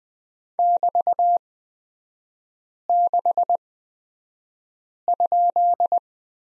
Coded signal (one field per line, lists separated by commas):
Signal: Morse code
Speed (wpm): 20 wpm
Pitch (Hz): 700 Hz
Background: none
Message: <BT>6?